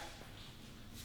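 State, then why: Not seated. A new metal brake hardware clip is handled at a caliper bracket on a Jeep Wrangler JK, hooked on the back of the bracket before being pressed in. Only faint, steady handling noise is heard with no distinct click. Nothing has seated or clicked yet.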